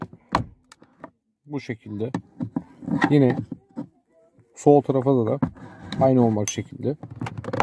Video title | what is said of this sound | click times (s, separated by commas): Megane 2 - Kapı Ceplik Tamiri | kanala yerleştiriyorsunuz ve korkmayın, şöyle çekin, tık diye ses gelecek. | 0.4 s